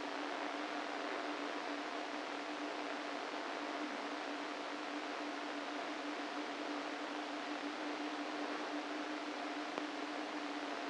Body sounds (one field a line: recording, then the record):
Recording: brain microelectrode recording played as sound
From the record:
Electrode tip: inside the subthalamic nucleus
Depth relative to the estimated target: 2 mm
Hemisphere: right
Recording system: NeuroSet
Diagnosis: Parkinson's disease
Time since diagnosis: 13 years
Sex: male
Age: 49 years